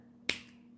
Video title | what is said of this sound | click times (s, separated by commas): Checking Out Arteza Brush Markers - New Copic Alternative? | but anyway as long as you hear like a click like that then you're good like if there's no click you should worry now | 0.3 s